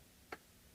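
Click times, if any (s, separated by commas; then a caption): 0.3 s. A hardware screw is turned counterclockwise in the existing thread of a partscaster Telecaster-style guitar body until it drops into the start of the thread. A single short, soft click sounds at 0.3 s against an otherwise quiet background. The screw is seated in the start of its thread.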